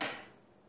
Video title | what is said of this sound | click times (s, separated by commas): End Table, Type 1 - Secret Compartment- Assembly Video | You just find the center of the apron and listen for the click, | 0.0 s